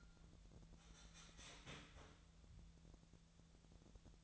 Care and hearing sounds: daily activity, microphone in the room; start toaster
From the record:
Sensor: 3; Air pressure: 1000.3 hPa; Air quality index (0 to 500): 157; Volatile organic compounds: 3 ppm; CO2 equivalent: 1382 ppm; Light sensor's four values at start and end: 37/93/39/42 and 37/93/39/42

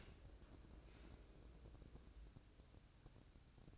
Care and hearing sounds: daily activity, microphone in the room; open dishwasher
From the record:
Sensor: 2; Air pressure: 1012.2 hPa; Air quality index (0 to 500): 150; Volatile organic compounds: 2 ppm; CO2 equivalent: 1098 ppm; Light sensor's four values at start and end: 412/1021/415/421 and 408/1012/412/417

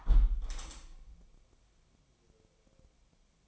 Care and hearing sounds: daily activity, microphone in the room; close window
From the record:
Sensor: 1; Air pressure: 1014.9 hPa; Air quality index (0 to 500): 25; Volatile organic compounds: 0 ppm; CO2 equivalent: 503 ppm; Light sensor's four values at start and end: 10/25/10/11 and 11/26/10/11

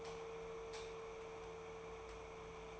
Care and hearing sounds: daily activity, microphone in the room; light off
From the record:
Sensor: 1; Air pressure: 1014.6 hPa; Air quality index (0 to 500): 175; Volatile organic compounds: 14 ppm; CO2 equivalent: 2472 ppm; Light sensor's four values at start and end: 24/66/26/30 and 16/41/17/19

